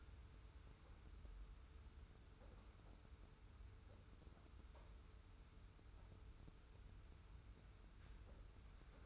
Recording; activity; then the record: daily activity, microphone in the room; wipe stove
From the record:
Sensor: 2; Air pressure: 991.3 hPa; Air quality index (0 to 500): 150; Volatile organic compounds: 430 ppm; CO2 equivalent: 4719 ppm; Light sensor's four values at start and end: 39/113/45/42 and 39/113/45/43